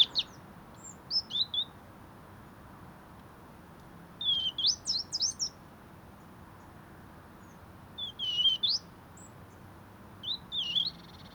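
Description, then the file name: European robin singing thin, high, fluting phrases with rising and falling slides, several bursts separated by pauses over low hiss. "Erithacus rubecula"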